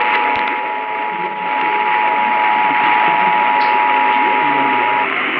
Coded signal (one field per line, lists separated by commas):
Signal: Emergency Alert System (SAME) tones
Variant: 853 and 960 Hz attention tone